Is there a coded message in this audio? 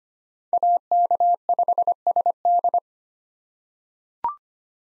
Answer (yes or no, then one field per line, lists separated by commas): yes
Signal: Morse code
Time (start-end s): 0.5-2.8 s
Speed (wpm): 25 wpm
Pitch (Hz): 700 Hz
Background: none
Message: AK5SD